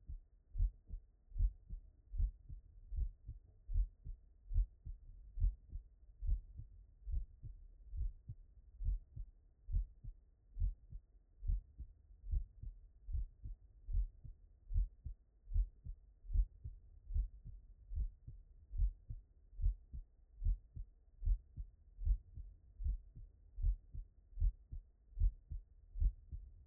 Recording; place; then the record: heart sounds by stethoscope; tricuspid valve (TV)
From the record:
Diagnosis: non-HFrEF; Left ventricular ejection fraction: 75%